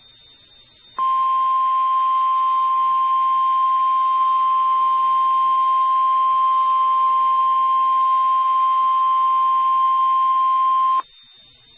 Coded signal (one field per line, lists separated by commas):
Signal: Emergency Alert System (SAME) tones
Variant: 1050 Hz attention tone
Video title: EAS 2 - Severe Thunderstorm Warning for Union AR and Lincoln, Ouachita, Union LA